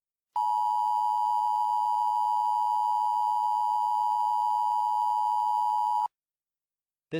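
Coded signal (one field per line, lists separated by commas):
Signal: Emergency Alert System (SAME) tones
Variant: 853 and 960 Hz attention tone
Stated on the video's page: Mock EAS alert made with Creative Commons 0 sounds.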